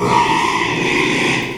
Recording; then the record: squeal of a Yucatan mini pig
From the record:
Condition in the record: after surgery on the right vocal fold (resection and tissue-engineered implant); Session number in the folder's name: 1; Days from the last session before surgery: 6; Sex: male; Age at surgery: 12 weeks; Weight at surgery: 13 kg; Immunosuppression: cyclosporine, prednisolone